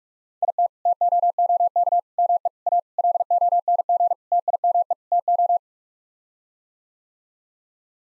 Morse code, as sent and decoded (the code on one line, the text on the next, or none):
.. - / - --- --- -.- / -- . / .- / .-.. --- -. --. / - .. -- . / - ---
IT TOOK ME A LONG TIME TO